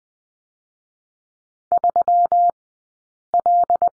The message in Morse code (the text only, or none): 3L